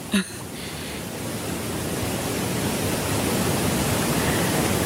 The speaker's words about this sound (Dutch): Want het is het ruisen van water. Ja, van watervallen, van rivieren in de bergen.